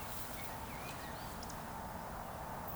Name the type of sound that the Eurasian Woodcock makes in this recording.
whistle